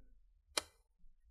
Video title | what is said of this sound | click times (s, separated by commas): Hp X360 14 SSD Upgrade STEP By STEP | and you want to hear the click sounds and | 0.6 s